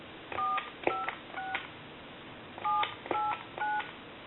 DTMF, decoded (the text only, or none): 456 789